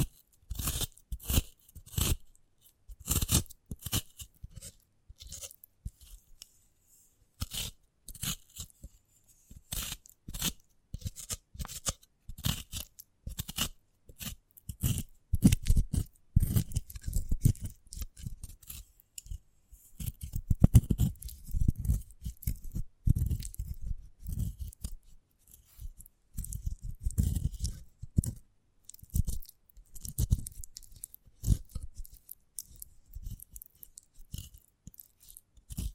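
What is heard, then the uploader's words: Sprouted coconut being handled and eaten, with crisp, cutting-like crunches and chewing sounds. Short snaps come in irregular bursts throughout, sharp and bright early on, then thicker, lower crunching clusters after about fifteen seconds. Brief silent gaps separate many of the bites. ASMR of a Sprouted Coconut (No Talking).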